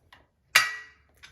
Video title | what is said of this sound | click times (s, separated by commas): Vogel's Comfort Unboxing | when it goes back into position you hear a snap | 0.6 s